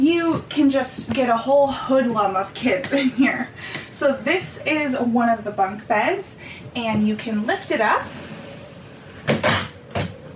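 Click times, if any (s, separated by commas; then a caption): 9.3 s. Someone talks while the lower fold-up bunk bed in an RV bunkhouse is lifted up against the wall to give more headroom for the couch. At 9.3 s its latch catches with a sharp click as the bed snaps into its raised position, followed by a second hit at about 10.0 s.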